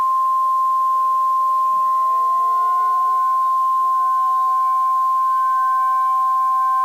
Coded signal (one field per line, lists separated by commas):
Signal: Emergency Alert System (SAME) tones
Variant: 1050 Hz attention tone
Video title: EAS Scenario: Tornado Alley Death Trap